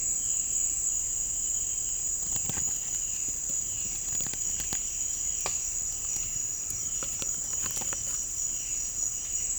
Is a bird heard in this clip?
no